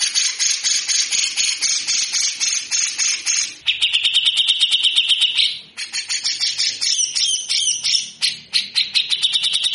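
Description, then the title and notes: Grey-cheeked bulbul alternating broad rasping hisses with tighter buzzy rattles, the rough pulses coming in quick, uneven series. Masteran training song of a frequently singing (gacor) bird with long, coarse besetan (harsh rasping) passages. "MASTERAN CUCAK JENGGOT GACOR FULL BESETAN KASAR DURASI PANJANG. Burung cucak jenggot"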